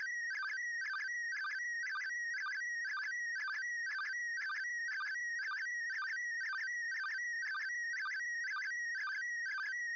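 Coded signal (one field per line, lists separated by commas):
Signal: SSTV (slow-scan television)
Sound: steady whistling tone with rhythmic warbling chirps and clicks about twice per second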